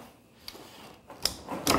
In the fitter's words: you'll feel them locking into place okay